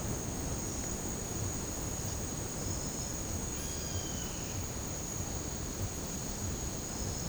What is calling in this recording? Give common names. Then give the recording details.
Yellow-headed Caracara. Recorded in dense forest near Puerto Asís, Putumayo, Colombia, on 18 February 2024 at 16:00. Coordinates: 0.503, -76.322. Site G6418